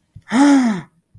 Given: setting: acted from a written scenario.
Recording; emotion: vocal sound without words; elation